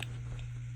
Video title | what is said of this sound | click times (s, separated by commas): HOW TO UPGRADE A GLOCK - GLOCK 26 GEN 3 - SAFETY OFF WITH SPIKE | place. Hear a click and a lock and | 0.0 s